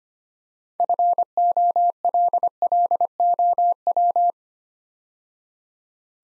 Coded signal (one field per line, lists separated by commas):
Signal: Morse code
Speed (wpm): 25 wpm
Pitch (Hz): 700 Hz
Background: none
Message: FOLLOW